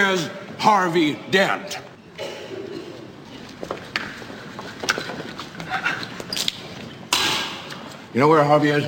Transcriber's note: soundbite of coughing, footsteps, clanking